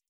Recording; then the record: hydrophone in a shrimp aquaculture tank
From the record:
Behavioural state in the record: stressed